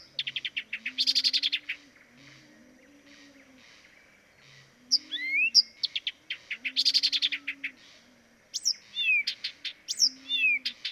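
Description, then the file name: Blyth's reed warbler song: rapid rattling ticks alternating with swooping high whistles and slurred notes, while a low soft hooting sounds repeatedly in the background. Dviete. "dviete acrocephalus dumetorum"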